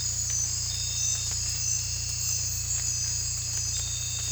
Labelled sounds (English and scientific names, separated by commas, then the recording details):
none
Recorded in dense forest near Puerto Asís, Putumayo, Colombia, on 18 December 2024 at 01:30
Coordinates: 0.467, -76.328
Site GP05